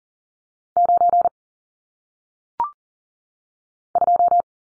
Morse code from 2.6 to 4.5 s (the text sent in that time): 2